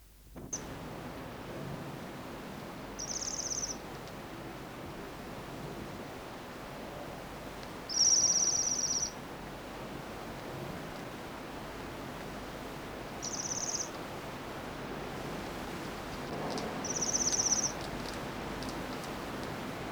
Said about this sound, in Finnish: Tilhen ääni on pehmeää sirinää, joka aina kuuluu tilhiparvista.